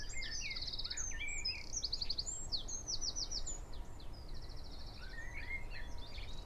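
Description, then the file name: Eurasian wren song through noticeable background hiss, high buzzy trills and rapid rattled notes strung together almost without pause. "Troglodytes troglodytes"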